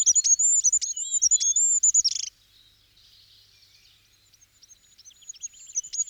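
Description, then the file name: Goldcrest song: a rapid, very high-pitched series of thin, wavering notes ending in a brief buzzy flourish, followed by fainter, scattered high twittering. "kosmos 93 wintergoldhaehnchen"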